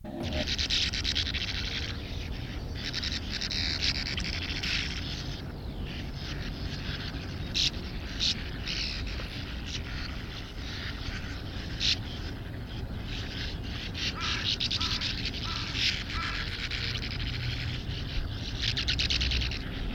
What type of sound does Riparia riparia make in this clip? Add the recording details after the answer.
call. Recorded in the wild. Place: Gager, Insel Rügen, Mecklenburg-Vorpommern, DE. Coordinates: 54.31, 13.68. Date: 1970-06-06. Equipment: Nagra III BH, Sennheiser MD 21, parabola. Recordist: Schubert, Michael